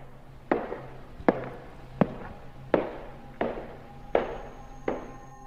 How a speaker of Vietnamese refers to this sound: Nhưng hễ cứ cất bước đi thì lại có tiếng bước chân.